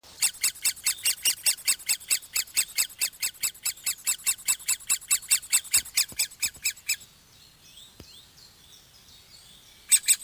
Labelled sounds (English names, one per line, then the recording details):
Great Spotted Woodpecker call
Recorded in the wild
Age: juvenile
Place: Glienicke/Nordbahn, Brandenburg, DE
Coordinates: 52.6369, 13.3419
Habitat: forest
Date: 1983-06-04 10:50
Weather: diesig, 18°C, leichter Wind
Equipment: Nagra SN, Kopie Uher 4000 Monitor Report
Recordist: Tembrock, Günter